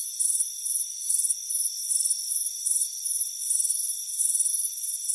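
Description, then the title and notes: Cricket chorus of high buzzy chirps coming in quick succession over a steady high drone. Crickets chirping on a warm afternoon at a front porch. "Soothing Crickets Chirping Sound. It's a warm afternoon as you relax in a hammock on the front porch. Relax and fall asleep to the soothing sound of chirping crickets"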